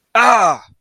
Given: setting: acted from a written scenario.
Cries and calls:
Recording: vocal sound without words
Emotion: pain

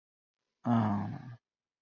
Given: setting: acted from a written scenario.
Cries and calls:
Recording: vocal sound without words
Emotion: shame

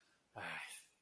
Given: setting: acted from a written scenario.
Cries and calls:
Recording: vocal sound without words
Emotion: anger

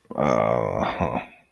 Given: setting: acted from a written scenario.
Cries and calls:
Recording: vocal sound without words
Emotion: desire

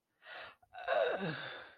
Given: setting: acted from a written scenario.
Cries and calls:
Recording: vocal sound without words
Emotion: ecstasy

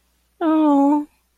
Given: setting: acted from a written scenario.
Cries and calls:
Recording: vocal sound without words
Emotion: distress

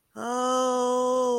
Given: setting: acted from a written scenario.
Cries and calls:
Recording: vocal sound without words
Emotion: distress

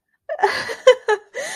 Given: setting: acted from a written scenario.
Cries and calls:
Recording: vocal sound without words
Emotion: sadness

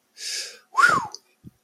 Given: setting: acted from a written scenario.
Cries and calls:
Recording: vocal sound without words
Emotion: pride

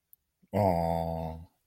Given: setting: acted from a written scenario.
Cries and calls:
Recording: vocal sound without words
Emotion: sympathy

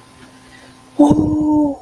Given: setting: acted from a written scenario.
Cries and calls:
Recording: vocal sound without words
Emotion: triumph

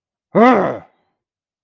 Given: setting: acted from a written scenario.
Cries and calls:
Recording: vocal sound without words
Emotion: anger

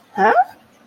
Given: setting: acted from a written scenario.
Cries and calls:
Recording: vocal sound without words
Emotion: confusion

